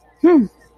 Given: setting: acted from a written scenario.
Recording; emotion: vocal sound without words; confusion